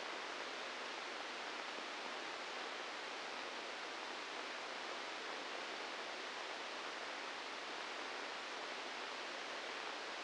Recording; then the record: brain microelectrode recording played as sound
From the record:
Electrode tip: inside the subthalamic nucleus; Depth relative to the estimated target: 0 mm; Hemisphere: left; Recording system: NeuroSet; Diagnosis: Parkinson's disease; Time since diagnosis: 15 years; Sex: female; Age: 59 years